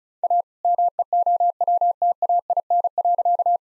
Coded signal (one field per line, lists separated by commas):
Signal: Morse code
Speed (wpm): 34 wpm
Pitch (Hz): 700 Hz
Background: none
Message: A MEOWTAIN.